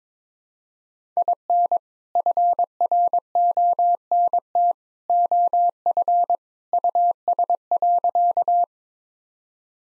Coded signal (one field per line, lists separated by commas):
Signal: Morse code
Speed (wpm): 22 wpm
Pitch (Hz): 700 Hz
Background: none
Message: IN FRONT OF US.